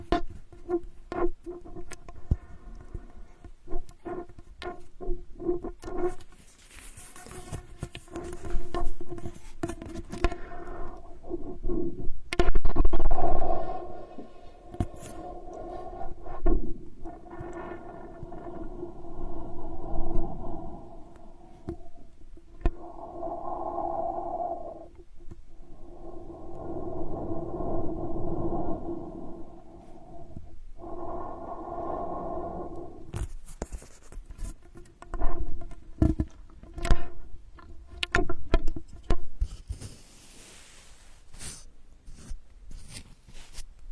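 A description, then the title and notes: Straw ear digging sounds, with a steady humming tone running under dense scratching and rubbing that swells in longer bursts through the middle. Sharp clicks and quick taps scatter throughout, especially near the start and end, with brief near-silent pauses between. Unique straw therapy ear digging experience.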